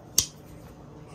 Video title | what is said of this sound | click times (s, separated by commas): Unboxing a Mysterious Package: Discovering a Surprise Collection of Knives! | hear that snap | 0.2 s